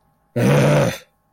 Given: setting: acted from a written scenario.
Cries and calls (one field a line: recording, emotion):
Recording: vocal sound without words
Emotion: anger